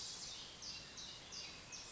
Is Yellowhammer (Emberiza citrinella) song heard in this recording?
no